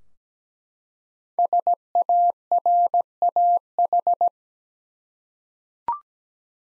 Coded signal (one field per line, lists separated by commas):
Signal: Morse code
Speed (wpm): 17 wpm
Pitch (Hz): 700 Hz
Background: none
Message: SARAH